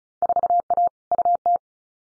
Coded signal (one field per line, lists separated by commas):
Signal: Morse code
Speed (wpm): 34 wpm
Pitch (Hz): 700 Hz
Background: none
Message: 4A UT